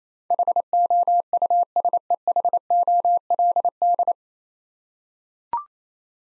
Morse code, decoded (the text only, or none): HOUSEHOLD